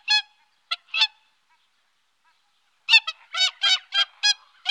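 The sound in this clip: Whooper swan honks: three brassy calls, a pause of about two seconds, then a quicker run of seven or eight honks.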